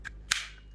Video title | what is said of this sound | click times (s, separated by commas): Wax Sealing Gouache Canvas Painting Framing Using Point Gun | and it locks in place, and that's all there is to it. | 0.3 s